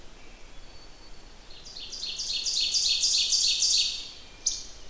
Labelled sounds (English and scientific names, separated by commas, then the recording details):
Ovenbird (Seiurus aurocapilla) song
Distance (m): 20 m
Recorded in boreal forest in Alberta, Canada, on 28 June 2016 at 05:38
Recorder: SongMeter 3, array SBT-6-79
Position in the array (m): 49 m, 107 m
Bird 40